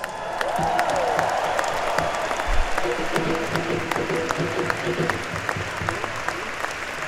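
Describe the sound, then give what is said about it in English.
A concert crowd at the Palaolimpico in Turin, Italy, in 2008 applauds the opening band steadily for several seconds, a dense wash of clapping at even loudness, with a brief whistle near the start and faint cheering mixed in. “Let's have a big Italian round of applause for the opening band tonight.”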